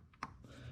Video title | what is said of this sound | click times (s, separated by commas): Inno Wedge 660 Cargo Box & Porsche Roof Transport Rack Overview & Installation on 911 991.2 C2S | uh it just comes right out but these it also clicks back into these little clip areas here | 0.2 s